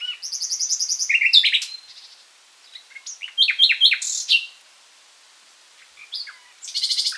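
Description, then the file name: Common nightingale song: a fast rattling trill, then bursts of sharp whistled and clicking notes separated by pauses, ending with another quick trill. "Luscinia megarhynchos"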